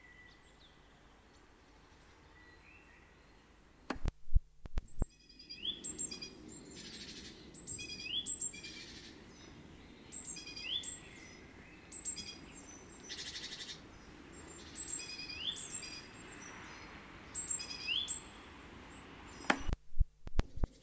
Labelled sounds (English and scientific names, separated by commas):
Great Tit (Parus major) call